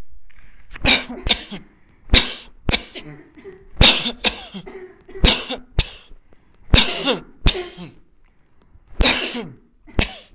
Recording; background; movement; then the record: voluntary coughing; a bystander coughing; sitting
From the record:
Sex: male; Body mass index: 20.6 kg/m2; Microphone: on the chest, facing the body